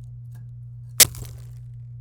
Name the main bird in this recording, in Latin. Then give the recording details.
Serinus canaria. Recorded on 26 April 2018 at 19:24. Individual llb3